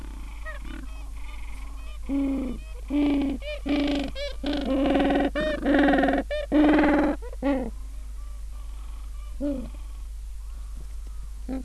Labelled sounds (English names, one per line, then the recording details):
Gentoo Penguin
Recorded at the colony at Booth Island, Antarctica, on 21 December 2014
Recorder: Song Meter SM2+